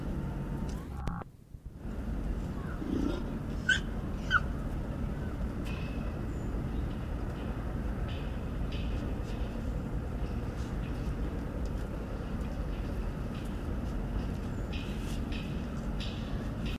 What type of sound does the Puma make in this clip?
call